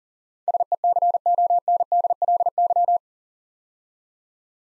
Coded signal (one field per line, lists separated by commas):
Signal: Morse code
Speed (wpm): 37 wpm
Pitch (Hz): 700 Hz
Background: none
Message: SECONDLY